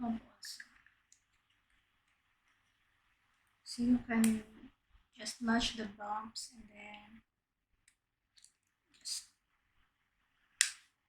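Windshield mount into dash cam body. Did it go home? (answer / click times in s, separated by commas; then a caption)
yes / 10.6 s. A plastic windshield mount is lined up with the notches and bumps on a Viofo A119 V2 dash cam body and slid in while someone talks. A few faint clicks follow, then one sharp, loud click at 10.6 s as the mount locks onto the camera.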